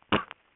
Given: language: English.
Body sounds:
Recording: throat vibration sensor signal played as sound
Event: cough

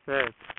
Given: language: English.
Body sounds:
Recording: throat vibration sensor signal played as sound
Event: speech

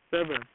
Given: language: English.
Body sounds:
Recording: throat vibration sensor signal played as sound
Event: speech

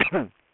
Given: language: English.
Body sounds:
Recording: throat vibration sensor signal played as sound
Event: cough

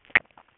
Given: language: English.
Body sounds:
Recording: throat vibration sensor signal played as sound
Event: swallow

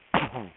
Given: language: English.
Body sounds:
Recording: throat vibration sensor signal played as sound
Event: cough

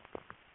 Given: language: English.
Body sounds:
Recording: throat vibration sensor signal played as sound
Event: swallow

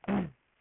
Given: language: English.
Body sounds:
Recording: throat vibration sensor signal played as sound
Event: throat clearing

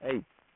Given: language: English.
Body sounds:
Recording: throat vibration sensor signal played as sound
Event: speech

